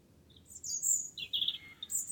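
Wren giving quick, very high, squeaky twittering notes in a short run.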